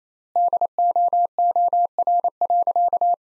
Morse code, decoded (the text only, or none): DOOR.